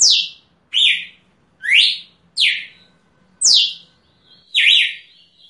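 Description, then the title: Red-cowled cardinal song: several short bright whistled phrases, most sliding down from high pitch, with brief pauses between. Female, recorded in nature. "Canto Galo Campina Fêmea. Galo de Campina Cantando na Natureza ( Canto de Pássaros )"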